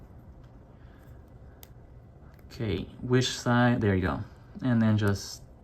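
A plastic transforming action figure is handled as a rotated limb or panel on its second side is worked toward its slot on the figure body. There are faint handling ticks near 1.6 s and 2.4 s, then someone talks. The clip ends before the part goes home, and nothing has seated or clicked yet.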